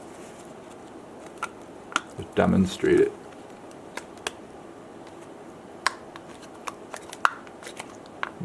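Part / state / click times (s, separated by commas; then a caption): 3D-printed filter retainer into respirator mask body / seated / 7.2 s. A 3D-printed PLA filter retainer is pressed onto a respirator mask body over the filter material while someone talks. Several small sharp ticks and handling noises are heard, and the cover snaps into place with the loudest sharp click at 7.2 s.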